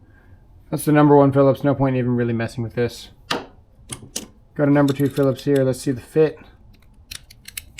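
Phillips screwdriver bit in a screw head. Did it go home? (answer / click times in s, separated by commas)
no / 7.6 s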